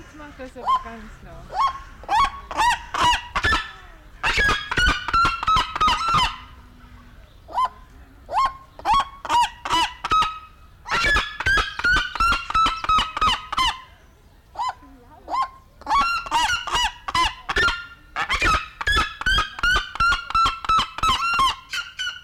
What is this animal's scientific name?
Cariama cristata